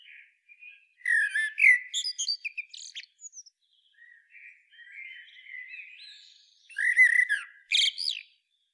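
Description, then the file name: Common blackbird song of busy warbled phrases and high squeaks, a softer rambling passage in the middle, then another loud fluty burst. "Turdus merula"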